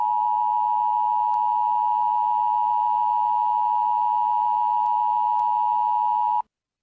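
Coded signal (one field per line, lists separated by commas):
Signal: Emergency Alert System (SAME) tones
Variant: 853 and 960 Hz attention tone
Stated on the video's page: Fictional April Fools EAS scenario; simulated, not a real alert.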